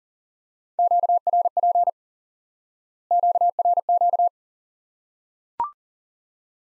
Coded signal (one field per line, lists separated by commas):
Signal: Morse code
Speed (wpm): 37 wpm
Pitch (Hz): 700 Hz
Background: none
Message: QRP QRQ